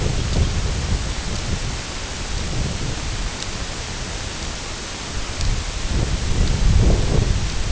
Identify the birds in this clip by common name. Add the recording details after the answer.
none. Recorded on Arctic tundra, site IGLO-F, on 19 June 2018. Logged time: 06:00